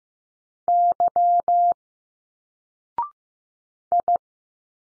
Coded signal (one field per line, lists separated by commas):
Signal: Morse code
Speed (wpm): 15 wpm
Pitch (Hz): 700 Hz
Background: none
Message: Y I